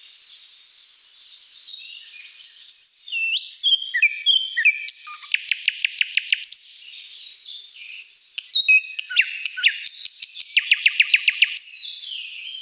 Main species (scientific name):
Luscinia luscinia